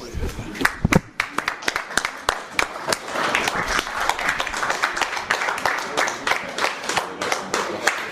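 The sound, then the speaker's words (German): An audience breaks into applause, beginning with a few sharp separate claps and swelling into dense, steady clapping from many hands that holds at a fairly loud level for about eight seconds. “Dann haben wir noch lauter Klatsch.”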